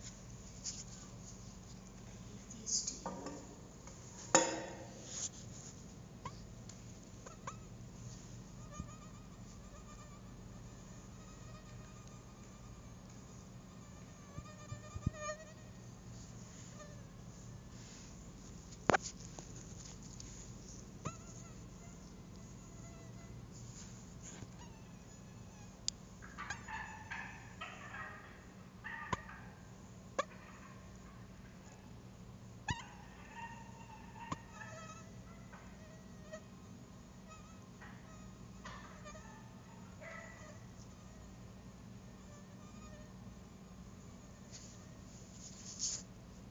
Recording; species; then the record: mosquito flight sound by mobile phone; Anopheles stephensi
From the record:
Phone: Google Nexus